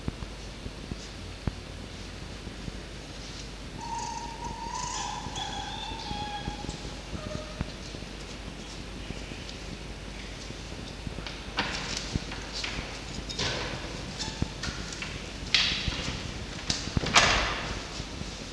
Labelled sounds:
Red Fox (Vulpes vulpes)

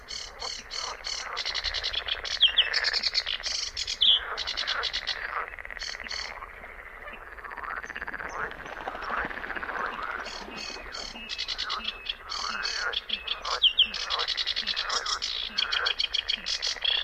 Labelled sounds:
Sedge Warbler (Acrocephalus schoenobaenus) song

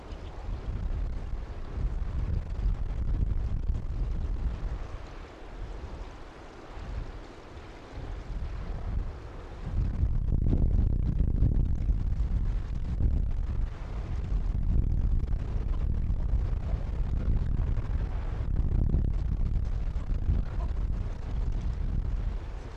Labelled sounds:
Arctic Fox (Vulpes lagopus)

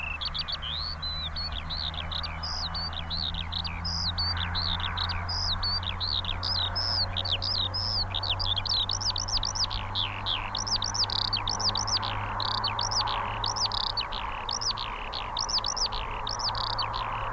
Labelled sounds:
Eurasian Skylark (Alauda arvensis) flight song

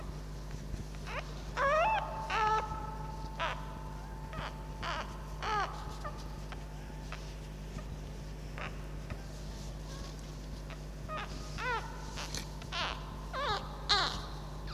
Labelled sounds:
Red Fox (Vulpes vulpes)

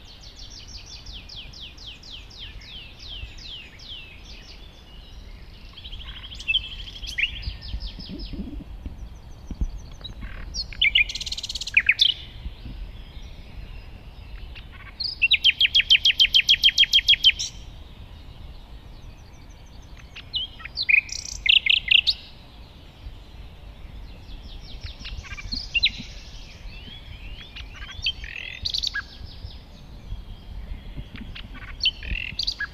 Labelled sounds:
Common Nightingale (Luscinia megarhynchos) song

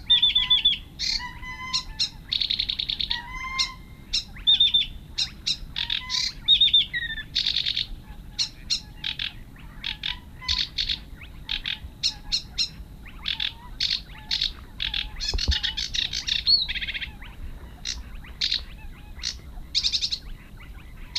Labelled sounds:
Sedge Warbler (Acrocephalus schoenobaenus) song

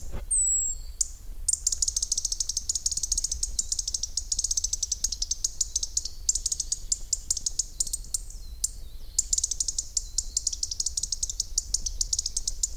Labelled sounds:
European Robin (Erithacus rubecula) call

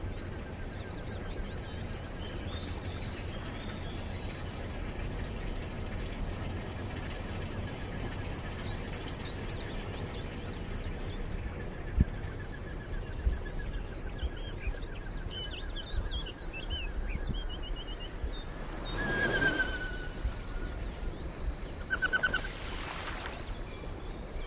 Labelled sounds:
Common Goldeneye (Bucephala clangula)

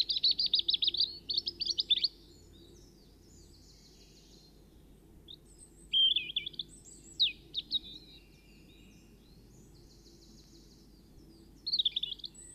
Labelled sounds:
European Robin (Erithacus rubecula) song

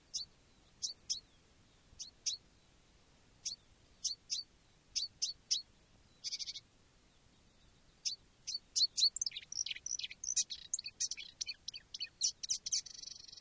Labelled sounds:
Marsh Warbler (Acrocephalus palustris)

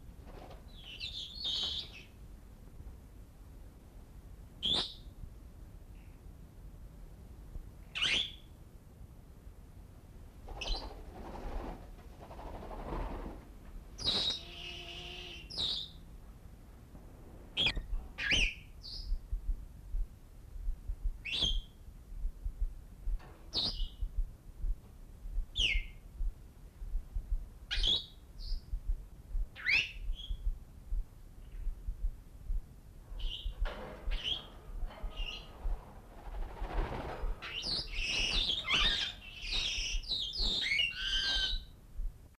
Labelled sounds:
Senegal Parrot (Poicephalus senegalus) call

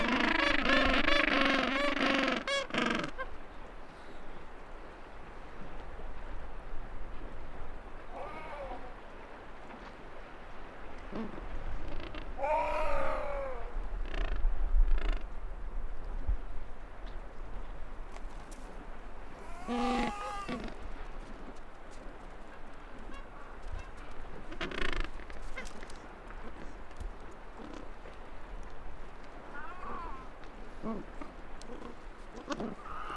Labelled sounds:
Gentoo Penguin (Pygoscelis papua) call

